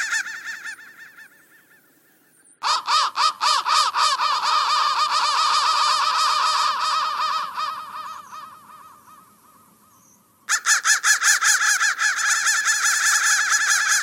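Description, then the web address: Crow cawing, fading calls at the start giving way to a long dense stretch of rough repeated caws, a lull, then another loud burst of caws. "soundfactory crow"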